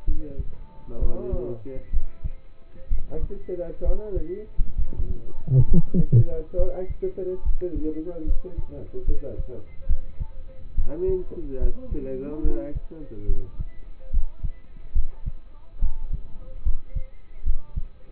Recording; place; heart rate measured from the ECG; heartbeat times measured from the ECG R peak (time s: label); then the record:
heart sounds by stethoscope; between the tricuspid and mitral areas; 69 bpm
0.06 s: heartbeat
0.99 s: heartbeat
1.91 s: heartbeat
2.89 s: heartbeat
3.83 s: heartbeat
4.76 s: heartbeat
5.66 s: heartbeat
6.56 s: heartbeat
7.43 s: heartbeat
8.25 s: heartbeat
9.05 s: heartbeat
9.87 s: heartbeat
10.75 s: heartbeat
11.59 s: heartbeat
12.42 s: heartbeat
13.26 s: heartbeat
14.11 s: heartbeat
14.93 s: heartbeat
15.80 s: heartbeat
16.63 s: heartbeat
17.44 s: heartbeat
From the record:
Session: rest, lying down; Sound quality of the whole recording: partially saturated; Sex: male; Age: 27 years